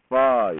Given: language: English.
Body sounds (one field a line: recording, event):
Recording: throat vibration sensor signal played as sound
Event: speech